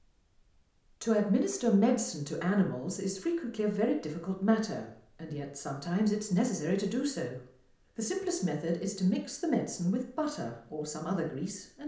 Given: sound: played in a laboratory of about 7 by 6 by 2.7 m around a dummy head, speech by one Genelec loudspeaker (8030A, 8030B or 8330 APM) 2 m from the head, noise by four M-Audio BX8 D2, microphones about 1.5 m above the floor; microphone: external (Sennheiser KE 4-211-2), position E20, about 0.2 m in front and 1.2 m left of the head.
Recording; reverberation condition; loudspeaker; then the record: female speech in English; medium; 30 degrees to the left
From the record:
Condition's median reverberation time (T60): about 510 ms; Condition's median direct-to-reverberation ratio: about -0.5 dB